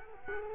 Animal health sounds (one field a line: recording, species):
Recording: mosquito wingbeat signal from an infrared sensor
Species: Culex quinquefasciatus